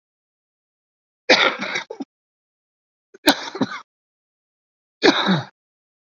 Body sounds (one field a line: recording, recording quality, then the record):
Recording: heavy voluntary cough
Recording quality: excellent, no background noise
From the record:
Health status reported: COVID-19 positive, mild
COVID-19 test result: positive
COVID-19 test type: RT-PCR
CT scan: not taken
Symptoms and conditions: cough, breathing difficulty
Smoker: no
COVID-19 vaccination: both doses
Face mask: worn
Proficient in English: no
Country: India